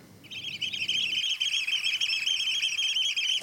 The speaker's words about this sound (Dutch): Vandaag spreken wij over de oystercatcher, oftewel de schoolekster, oftewel de bonte Piet. Een van onze weidevogels, een hele bijzondere, want hij broedt steeds vaker op onze daken.